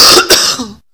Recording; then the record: coughing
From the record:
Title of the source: November cold (wet coughing)